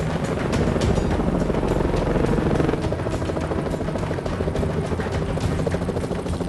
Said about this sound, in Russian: За Рэем гонится вертолет.